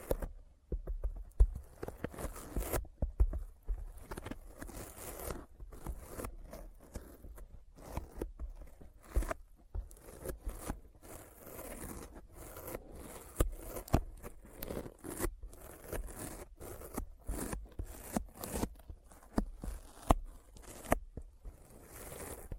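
Sticky finger sounds: rapid, irregular tacky clicks and crackly peels come in dense bursts throughout, some sharp and bright, over a low rumble.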